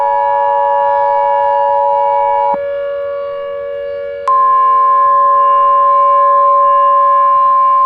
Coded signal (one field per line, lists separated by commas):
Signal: Emergency Alert System (SAME) tones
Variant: 853 and 960 Hz attention tone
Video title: Eas in Popular Culture: Infinite Tsukuyomi